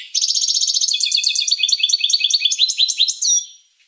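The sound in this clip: Finch singing a fast, high trill that moves into varied twittering notes, closing with a short slurred note before fading out.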